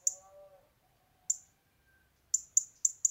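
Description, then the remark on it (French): A European robin gives sharp, high tic-tic alarm calls, one isolated click then a quick run of four, with a soft warbling phrase of song at the start. “C'est par exemple le cas avec le rouge-gorge qui lâche des chip-chip ou tic-tic répétitifs.”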